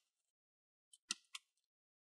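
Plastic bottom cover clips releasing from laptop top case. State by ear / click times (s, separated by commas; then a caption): released / 0.9 s, 1.1 s, 1.3 s. An opening tool is twisted along the side seam of an HP Pavilion 14-dq1xxx series laptop, between the top case and the plastic bottom cover. The bottom-cover clips unsnap with small, sharp clicks at 0.9, 1.1 and 1.4 seconds, releasing the cover.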